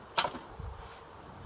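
Troy-Bilt FLEX engine power base unlatched and pulled away from its wide-area mower attachment, with one sharp metallic hit at 0.19 s as the latch lets go. A duller, low thump follows around 0.6 s, then quiet. The power unit coupling is released from the mower deck.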